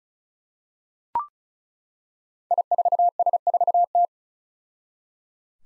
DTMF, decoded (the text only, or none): none